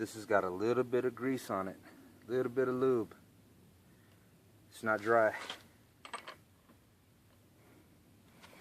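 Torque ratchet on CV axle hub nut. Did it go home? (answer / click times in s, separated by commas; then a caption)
yes / 6.0 s. Someone talks while a 1/2" torque ratchet set to 140 lb tightens the CV axle hub nut on a Dana 30 front axle; it is set to 140 lb because the threads have a little grease and lube on them and are not dry. After a pause, the torque wrench gives a short, sharp click at 6.1 s, followed by a couple of faint ticks, showing it has reached its setting.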